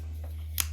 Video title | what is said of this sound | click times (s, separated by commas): Southern Grind Badmonkey | so on deployment it clicks into place pretty good | 0.6 s